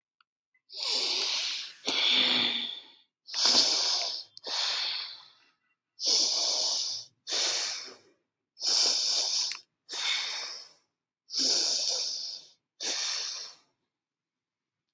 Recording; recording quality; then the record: deep breathing; excellent, no background noise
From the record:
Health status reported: respiratory illness, not identified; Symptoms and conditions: sore throat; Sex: female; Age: 39 years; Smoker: not ticked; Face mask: not worn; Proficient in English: yes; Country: India